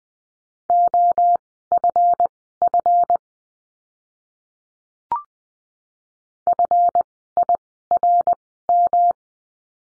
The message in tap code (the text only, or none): none